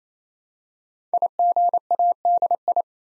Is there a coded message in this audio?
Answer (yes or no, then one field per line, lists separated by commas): yes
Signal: Morse code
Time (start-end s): 1.1-2.8 s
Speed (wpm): 29 wpm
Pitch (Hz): 700 Hz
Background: none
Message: IGADI